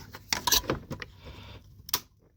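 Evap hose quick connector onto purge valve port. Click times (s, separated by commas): 0.3 s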